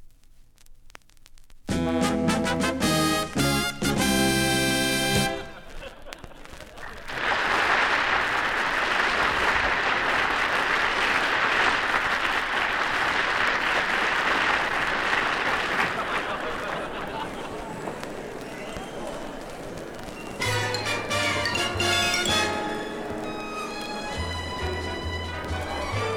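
Applause rises into a dense, steady clatter through the middle, bracketed by bursts of bright music or speech at the start and near the end.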